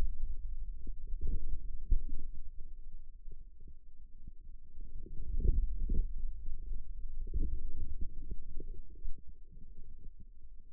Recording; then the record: forearm muscle sounds (acoustic myography)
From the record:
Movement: outward rotation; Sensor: system 2, bracelet of six BSWA MPA416 microphones around the upper forearm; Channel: 3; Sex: male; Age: 22 years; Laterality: right